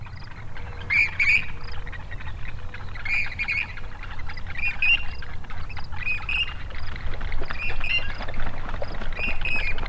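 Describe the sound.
Grebe calls: short squeaky double notes repeated about every one to two seconds over a steady low rumble.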